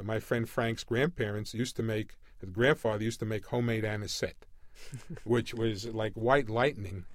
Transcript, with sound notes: my friend Frank's grandparents used to make — his grandfather used to make homemade anisette —— [chuckles] which was like white lightening.